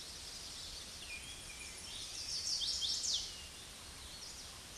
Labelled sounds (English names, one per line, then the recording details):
Chestnut-sided Warbler song
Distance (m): 5 m
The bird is about 5 m above the microphone
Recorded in a Pennsylvania forest on 16 May 2024 at 07:17
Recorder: AudioMoth, point MSD-1360
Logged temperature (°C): 14.8 °C
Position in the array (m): 168 m, 209 m